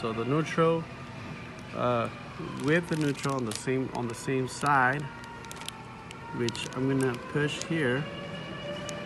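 Someone talks while handling the neutral wire's spade connector at the bottom terminal of a replacement rocker power switch on an Insta 420 cap heat press, lining it up with the neutral on the same side before pushing it on. A few faint sharp ticks occur during the handling, but nothing has seated or clicked yet; the connector is not yet home.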